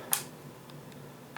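The lever of a Winchester 1895 Limited Edition Takedown lever-action rifle, with its trigger mechanism attached, is rotated back up toward the steel receiver to lock it closed. A sharp metallic tick sounds at 0.1 s, fainter ticks follow around 0.7 s and 0.9 s, and another tick comes right at the end at 1.4 s. The clip ends just before the lever goes home, so nothing has locked or seated yet.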